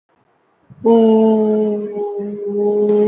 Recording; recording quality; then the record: sustained vowel as in boot; excellent, no background noise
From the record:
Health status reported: COVID-19 positive, mild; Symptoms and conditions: cough, cold, sore throat, fever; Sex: female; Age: 23 years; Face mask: not worn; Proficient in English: yes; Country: India